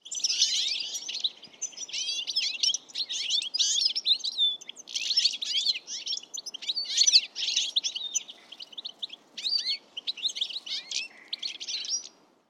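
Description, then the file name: European goldfinch giving a fast, tinkling twitter of bright liquid notes and buzzy trills in bursts, barely pausing for about twelve seconds, over faint low background hiss. "Carduelis carduelis"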